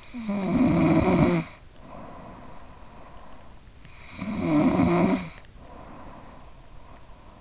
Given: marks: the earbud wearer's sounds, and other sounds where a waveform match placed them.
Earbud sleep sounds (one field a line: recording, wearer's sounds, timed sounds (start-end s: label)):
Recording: sounds in sleep by an in-ear microphone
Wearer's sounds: snoring breath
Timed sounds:
0.00-3.31 s: snoring breath
3.59-6.85 s: snoring breath